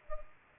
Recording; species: mosquito wingbeat signal from an infrared sensor; Culex pipiens